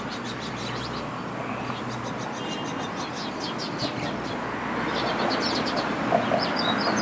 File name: song of birds on Valentines day by the road in beijing